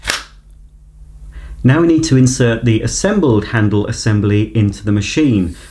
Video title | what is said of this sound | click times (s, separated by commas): Vax Compact Power Carpet Washer Assembly & Demonstration | Just insert it into the top of the handle until it clicks into position. | 0.1 s